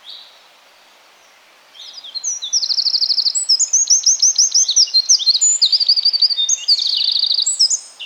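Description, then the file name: Eurasian wren singing a loud, high-pitched, rapid outpouring of rattling trills and sharp twitters that continues almost unbroken for about six seconds. "Troglodytes troglodytes"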